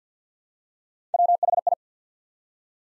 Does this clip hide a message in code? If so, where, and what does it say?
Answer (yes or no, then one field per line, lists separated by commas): yes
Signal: Morse code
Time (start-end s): 1.1-1.7 s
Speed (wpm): 50 wpm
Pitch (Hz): 700 Hz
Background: none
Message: WHI